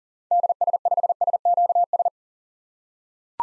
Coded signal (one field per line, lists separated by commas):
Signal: Morse code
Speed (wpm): 40 wpm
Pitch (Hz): 700 Hz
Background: none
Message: DS5SQS